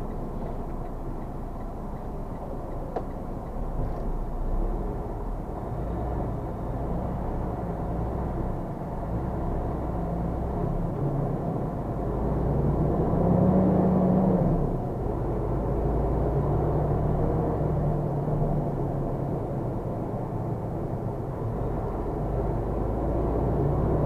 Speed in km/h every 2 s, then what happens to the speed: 0, 0, 0, 0, 0, 0, 0, 0, 0, 0, 0, 0.
0-24 standing.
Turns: none.